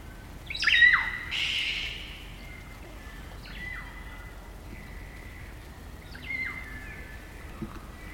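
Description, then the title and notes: Kaka calls: a loud harsh squawk opens, then long level whistles and downward-sliding whistled notes. Kaka, a large parrot, eerie dusk chorus in late spring at Karori Sanctuary near Wellington, New Zealand. "It's late spring at the Karori Sanctuary near Wellington, New Zealand and the kakas – a large species of parrot – are singing their eerie dusk chorus. BBC Countryfile Magazine's Sound Escapes. Recorded by Margaret Bartlett."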